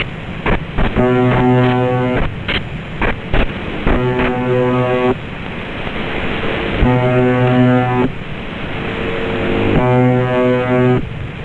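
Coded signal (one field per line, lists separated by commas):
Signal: channel marker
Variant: UVB-76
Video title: Sound of UVB-76 The Buzzer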